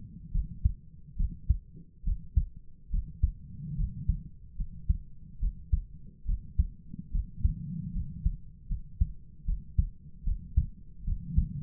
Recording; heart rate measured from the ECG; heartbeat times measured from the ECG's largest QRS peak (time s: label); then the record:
heart sounds by stethoscope; 73 bpm
0.33 s: heartbeat
1.18 s: heartbeat
2.05 s: heartbeat
2.91 s: heartbeat
3.77 s: heartbeat
4.58 s: heartbeat
5.40 s: heartbeat
6.26 s: heartbeat
7.12 s: heartbeat
7.94 s: heartbeat
8.69 s: heartbeat
9.46 s: heartbeat
10.25 s: heartbeat
11.05 s: heartbeat
From the record:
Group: healthy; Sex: female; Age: 22 years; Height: 160 cm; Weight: 63 kg